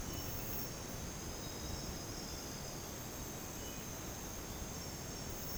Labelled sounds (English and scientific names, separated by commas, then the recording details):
none
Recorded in dense forest near Puerto Asís, Putumayo, Colombia, on 13 March 2025 at 03:00
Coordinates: 0.486, -76.317
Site G053